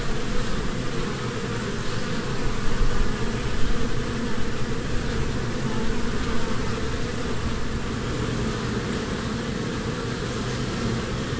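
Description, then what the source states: Honey bee: continuous low buzzing hum of a honey bee swarm, steady with gentle rises and falls in volume, one faint click near the end. Humming of a swarm from a beehive.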